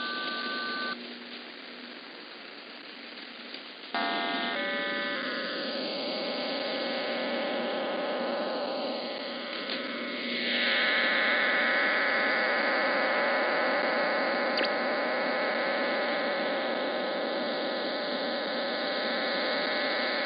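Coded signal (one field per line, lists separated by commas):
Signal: numbers station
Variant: HM01 RDFT data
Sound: dense buzzing multi-tone data hiss after a brief tone and header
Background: radio static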